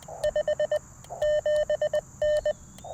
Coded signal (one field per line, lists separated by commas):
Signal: Morse code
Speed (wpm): 20 wpm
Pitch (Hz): 600 Hz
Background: none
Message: 5 7N